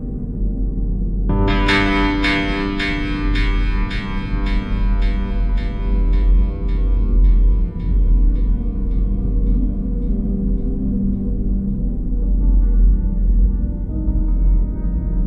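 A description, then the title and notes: Binaural beats with layered tones: a steady low hum holds throughout, with sustained pitched layers above it. Around two seconds a bright, bell-like chime pulses regularly, about twice a second, fading gradually over the clip as a new tone enters near twelve seconds. Binaural beats and sweet layers.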